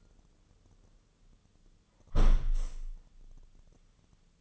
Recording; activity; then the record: daily activity, microphone in the room; close window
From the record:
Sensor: 4